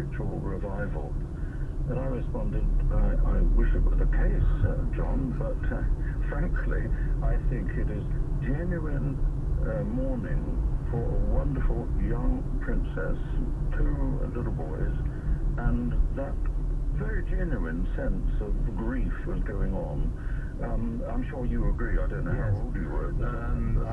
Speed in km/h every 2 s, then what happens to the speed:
29, 29, 31, 32, 32, 32, 31, 29, 29, 29, 29, 29.
0-24 steady at about 29.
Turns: none.